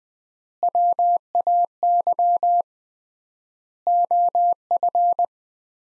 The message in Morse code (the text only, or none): WAY OF